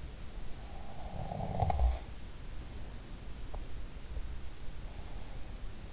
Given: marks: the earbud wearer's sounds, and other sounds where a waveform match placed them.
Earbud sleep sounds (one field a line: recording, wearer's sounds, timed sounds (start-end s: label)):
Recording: sounds in sleep by an in-ear microphone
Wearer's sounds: snoring breath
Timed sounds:
0.24-3.21 s: snoring breath